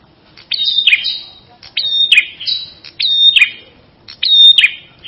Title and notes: Suara Kicau Burung Prenjak Lengkap dan Ngerol